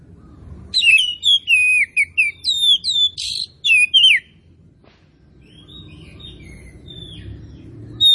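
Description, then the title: Oriental magpie-robin song: loud, varied whistled phrases with rising and falling slurs and buzzy notes for about four seconds, then soft notes, and a new phrase at the end. Tretes; in full song (gacor). "Kacer Tretes"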